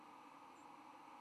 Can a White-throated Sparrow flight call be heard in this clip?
no